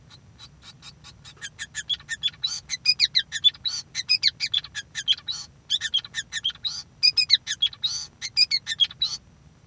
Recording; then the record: song of a male Bengalese finch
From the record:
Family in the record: son of father 5